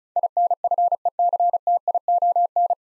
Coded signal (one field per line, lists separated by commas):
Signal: Morse code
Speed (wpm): 34 wpm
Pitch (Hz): 700 Hz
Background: none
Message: INFECTION